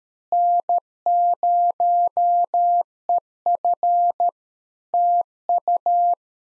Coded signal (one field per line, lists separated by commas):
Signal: Morse code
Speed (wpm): 13 wpm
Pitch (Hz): 700 Hz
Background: none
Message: N0EF TU